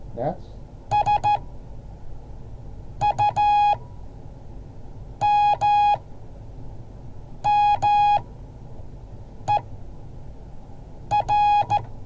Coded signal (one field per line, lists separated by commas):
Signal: Morse code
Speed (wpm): 14 wpm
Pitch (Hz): 830 Hz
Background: speech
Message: SUMMER